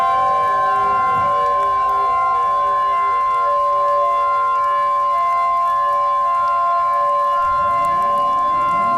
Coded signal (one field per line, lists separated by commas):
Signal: Emergency Alert System (SAME) tones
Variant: 1050 Hz attention tone